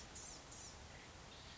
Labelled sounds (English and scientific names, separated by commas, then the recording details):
Blue-gray Gnatcatcher (Polioptila caerulea)
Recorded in Sonoma County, California